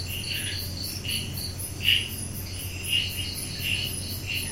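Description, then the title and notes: Insect chirps come in scattered bright pulses over a continuous high shimmering trill, with a low steady drone throughout. Night chorus of insects at 10pm in June 2022, Cotigao wildlife sanctuary, Netravali, Goa, India; air conditioning drone audible. "Cotigao wildlife sanctuary. June 2022, 10pm Netrevali, Goa, India, sounds of the night - insects chirping, air conditioning drone. Recorded by Mark Wilden. Part of the Music for Sleep project"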